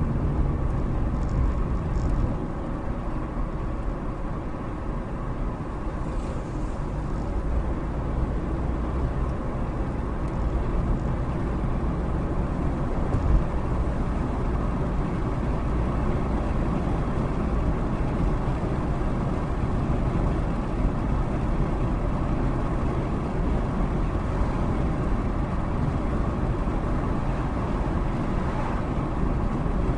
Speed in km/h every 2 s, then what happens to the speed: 58, 60, 56, 58, 63, 68, 69, 72, 76, 74, 74, 72, 72, 72, 71.
0-6 steady at about 58. 6-16 speeds up to 76. 16-30 steady at about 72.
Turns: none.